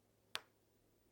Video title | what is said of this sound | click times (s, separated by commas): Casio G-Shock Latest DW5600ue Breakdown : Modification | You heard that? Clicked. | 0.4 s